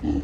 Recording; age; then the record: pig call; growing-finishing pig (85 days or more)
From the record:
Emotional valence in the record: negative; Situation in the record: barren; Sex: female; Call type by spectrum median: low-frequency call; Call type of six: low-frequency stable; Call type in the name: low-frequency stable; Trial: 3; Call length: 0.24 s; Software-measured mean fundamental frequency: 43 Hz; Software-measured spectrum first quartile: 117 Hz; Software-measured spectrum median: 249 Hz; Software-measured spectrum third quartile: 322 Hz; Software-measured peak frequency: 289 Hz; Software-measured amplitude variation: 187 dB a second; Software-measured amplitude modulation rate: 23.2 a second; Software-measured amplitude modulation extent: 8.1 dB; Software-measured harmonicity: 2.6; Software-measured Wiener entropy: -0.60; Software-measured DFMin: 1288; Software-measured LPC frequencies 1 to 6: 299, 790, 1863, 2812, 4106, 4725 Hz